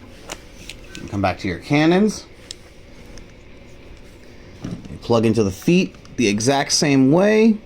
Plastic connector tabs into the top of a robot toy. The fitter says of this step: Listen for that click, and then you're going to push down right there.